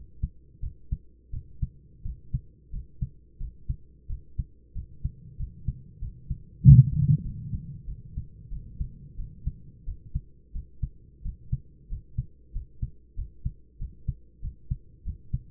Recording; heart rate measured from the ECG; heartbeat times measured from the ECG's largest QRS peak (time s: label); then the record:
heart sounds by stethoscope; 91 bpm
0.61 s: heartbeat
1.31 s: heartbeat
2.03 s: heartbeat
2.71 s: heartbeat
3.39 s: heartbeat
4.08 s: heartbeat
4.74 s: heartbeat
5.38 s: heartbeat
6.00 s: heartbeat
6.62 s: heartbeat
7.23 s: heartbeat
7.86 s: heartbeat
8.50 s: heartbeat
9.17 s: heartbeat
9.85 s: heartbeat
10.53 s: heartbeat
11.23 s: heartbeat
11.89 s: heartbeat
12.53 s: heartbeat
13.16 s: heartbeat
13.79 s: heartbeat
14.41 s: heartbeat
15.04 s: heartbeat
From the record:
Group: healthy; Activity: cold pressor test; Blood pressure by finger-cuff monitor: 140/76 mmHg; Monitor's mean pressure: 94 mmHg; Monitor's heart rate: 91 bpm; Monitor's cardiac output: 9.2 L/min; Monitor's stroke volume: 102 mL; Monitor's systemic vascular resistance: 750 dyn s/cm5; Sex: male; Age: 24 years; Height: 184 cm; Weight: 89 kg